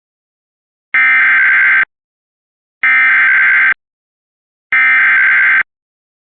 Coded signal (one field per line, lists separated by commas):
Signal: Emergency Alert System (SAME) tones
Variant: header bursts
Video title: EAS alert from 6/14/25